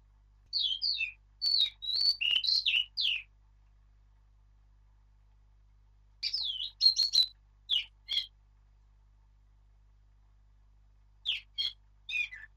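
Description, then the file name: Eurasian blackcap giving short bursts of high warbled notes in three separated phrases. "Sylvia atricapilla"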